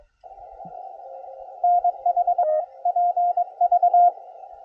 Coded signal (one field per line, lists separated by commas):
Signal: Morse code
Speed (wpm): 22 wpm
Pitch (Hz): 710 Hz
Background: none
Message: NH PV